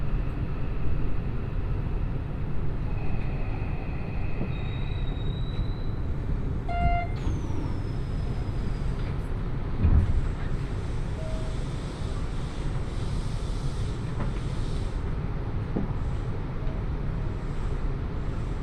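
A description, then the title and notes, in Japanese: Inside a moving train, a steady low rumble fills the car, with brief tonal chimes near seven seconds and a soft whine fading after. 鉄道旅 大物→梅田→蛍池→大阪空港。蛍池で大阪モノレールに乗り換えて１駅先の大阪空港へと向かいます。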